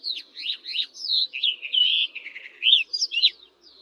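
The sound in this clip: Barred warbler song: a scratchy, hurried warble of short chirping and rattling notes, rising and falling in fast phrases, with a brief pause near the end.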